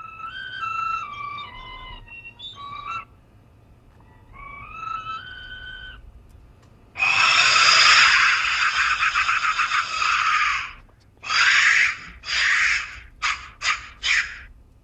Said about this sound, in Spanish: Sonido percutiendo el interior de uno de estos silbatos intactos de la muerte.